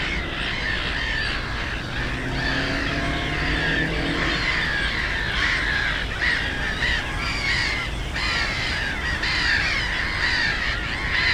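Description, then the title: Black-headed gulls calling harshly in a crowded chorus, with a low droning engine or train sound rising and fading in the first seconds. Many black-headed gulls, loudest of plentiful birds on ponds of a former coal-mining area, Frog Ponds nature complex, Bytom, Poland; road DK79 and railway noise; recorded with Zoom F4 and AT BP4025. "Żabie Doły, Bytom, Polska - Black-headed gulls at Frog Ponds complex"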